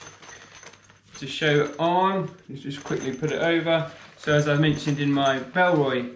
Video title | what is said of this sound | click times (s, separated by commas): Review - Alpaka Gear Bravo Sling Mini | get that up really nicely and then it just clicks back in | 0.7 s